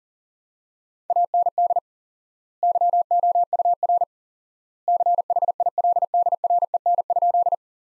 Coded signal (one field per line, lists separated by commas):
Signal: Morse code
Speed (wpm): 40 wpm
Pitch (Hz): 700 Hz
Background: none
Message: AND YOUR CHILDREN?